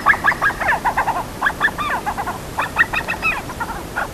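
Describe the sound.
Himalayan snowcock giving quick bursts of harsh cackling notes, several groups in a row with brief pauses between them.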